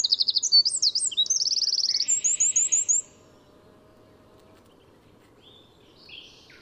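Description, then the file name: Eurasian wren gives a three-second burst of fast, high, rattling trills, then quiet with a couple of faint notes. "Troglodytes troglodytes"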